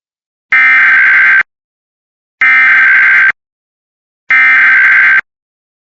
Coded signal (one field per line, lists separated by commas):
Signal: Emergency Alert System (SAME) tones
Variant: header bursts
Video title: CAE for Texas and an RWT for parts of the US! (New EAS 30-31) (We made it!)